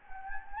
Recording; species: mosquito wingbeat signal from an infrared sensor; Anopheles gambiae